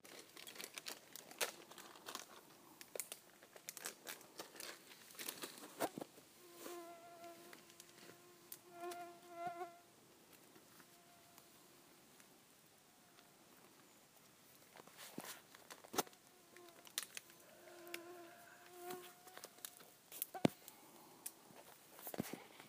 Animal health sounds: mosquito flight sound by mobile phone; Aedes sierrensis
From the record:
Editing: field recording with all noises

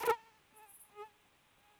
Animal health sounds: mosquito flight sound by mobile phone; Aedes sierrensis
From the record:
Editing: cut to the mosquito's sound

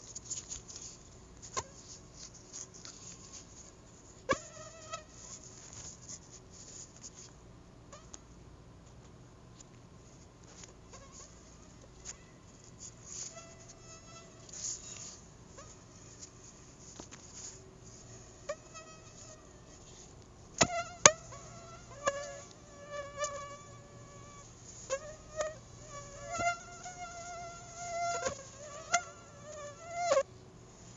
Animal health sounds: mosquito flight sound by mobile phone; Anopheles arabiensis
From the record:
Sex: female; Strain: Dongola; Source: CDC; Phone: Google Nexus

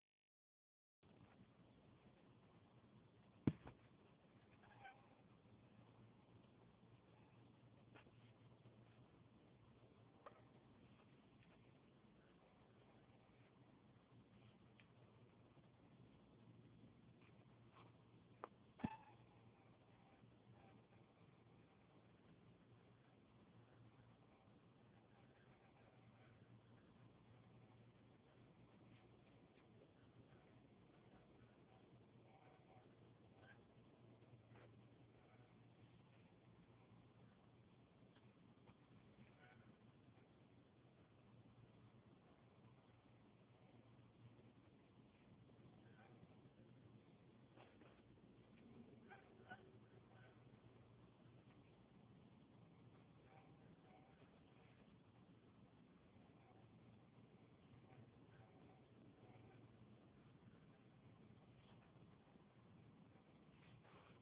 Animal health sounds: mosquito flight sound by mobile phone; Anopheles stephensi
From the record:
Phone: Huawei 866C

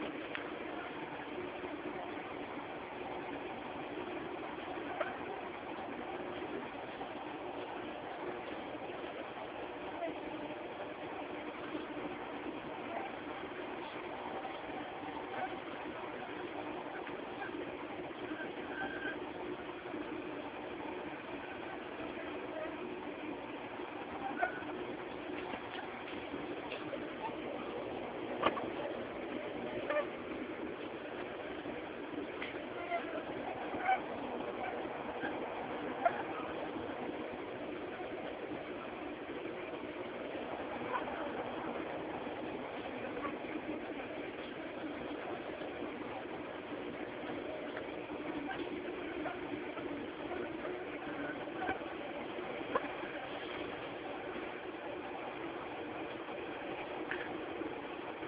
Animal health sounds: mosquito flight sound by mobile phone; Aedes aegypti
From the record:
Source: UCD LA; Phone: Samsung T209

